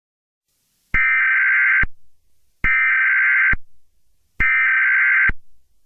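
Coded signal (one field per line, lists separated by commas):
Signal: Emergency Alert System (SAME) tones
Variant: header bursts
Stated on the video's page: Fictional EAS scenario.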